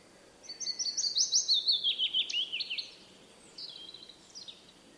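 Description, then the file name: Willow warbler singing one soft, liquid descending phrase, followed by quieter fragments of song. "piecuszek Phylloscopus trochilus"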